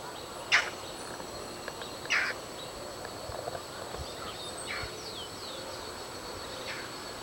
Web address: cantos garciazulada